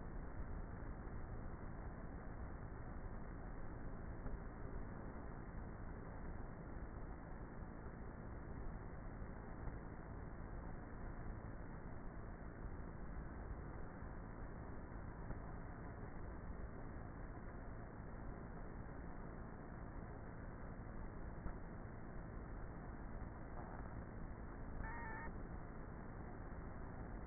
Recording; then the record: honeybee colony, microphone inside the hive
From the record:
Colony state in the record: queenless with a low population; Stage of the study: before two queens were removed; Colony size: about 30,000 bees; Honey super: no